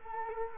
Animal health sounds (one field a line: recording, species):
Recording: mosquito wingbeat signal from an infrared sensor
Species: Culex quinquefasciatus